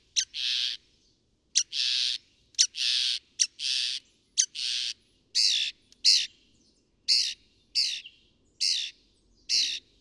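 Northern mockingbird song: harsh rasping notes paired with sharp clicks, then a different scratchy call repeated several times.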